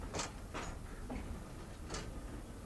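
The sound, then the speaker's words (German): A railway crossing barrier lowers and blocks the way, with a few irregular mechanical clicks and rattles, spaced out over a steady low hum, fairly quiet with no voices. “Und nun geht die Schranke runter.”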